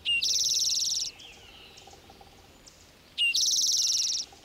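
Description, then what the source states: Spotted towhee giving two high, fast buzzy trills about a second long each, separated by a pause of roughly two seconds. Western form of the former rufous-sided towhee, split from the eastern form into its own species; found in the west of North America.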